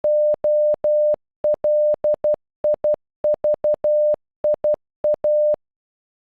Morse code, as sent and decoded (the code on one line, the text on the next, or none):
--- .-.. .. ...- .. .-
OLIVIA